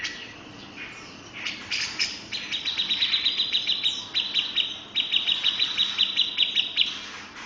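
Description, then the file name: Grey-cheeked bulbul singing a fast, even, high-pitched trill that runs for several seconds after a few scattered buzzy notes, with brief breaks between bursts. "cucak jenggot om firly"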